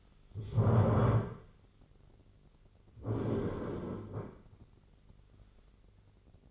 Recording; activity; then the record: daily activity, microphone in the room; stand up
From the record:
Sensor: 4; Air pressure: 1010.1 hPa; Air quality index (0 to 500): 182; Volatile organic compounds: 2 ppm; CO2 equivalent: 1312 ppm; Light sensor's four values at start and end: 42/104/43/47 and 42/103/43/47